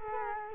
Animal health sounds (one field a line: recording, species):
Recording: mosquito wingbeat signal from an infrared sensor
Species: Culex quinquefasciatus